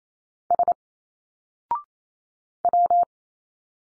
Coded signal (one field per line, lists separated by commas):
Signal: Morse code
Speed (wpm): 28 wpm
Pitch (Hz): 700 Hz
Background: none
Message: S W